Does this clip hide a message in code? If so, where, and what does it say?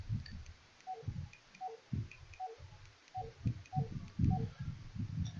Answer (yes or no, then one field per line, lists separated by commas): no